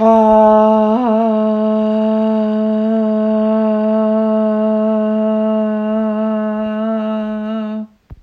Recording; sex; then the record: sustained vowel /a/; female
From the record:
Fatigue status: no fatigue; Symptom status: asymptomatic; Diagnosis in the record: COVID-19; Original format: m4a